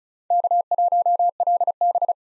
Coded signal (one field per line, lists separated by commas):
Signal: Morse code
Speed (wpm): 34 wpm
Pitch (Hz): 700 Hz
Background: none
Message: K1LB